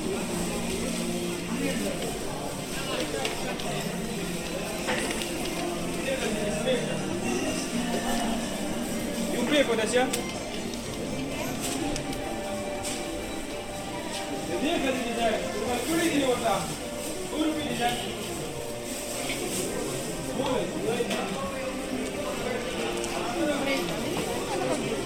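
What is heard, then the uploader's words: Monday morning at Coventry Market: a steady, dense babble of overlapping voices, traders and customers talking all at once with no single speaker standing out. Short clicks and knocks break through now and then, a little busier around ten and fifteen seconds. Coventry Market: Monday morning for traders and customers. In this soundscape, we slip inside to visit on an ordinary Monday morning in January. As we weave our way around the building for a full 360 tour, we enjoy listening in to the locals and traders’ passing exchanges and purchases.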